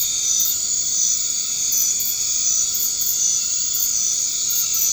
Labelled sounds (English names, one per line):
none